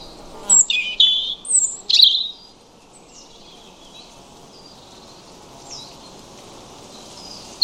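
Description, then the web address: European robin delivering one short phrase of sharp high notes and descending warbles, followed by several seconds of near quiet with faint twitters. "2025 File origin Bird Only Er Ru"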